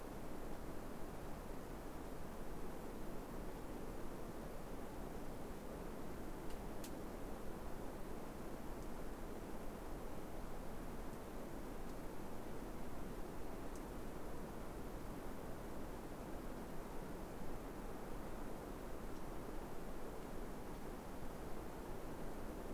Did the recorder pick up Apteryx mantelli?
no